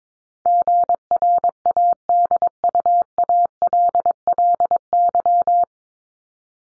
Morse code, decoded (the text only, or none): GRADUALLY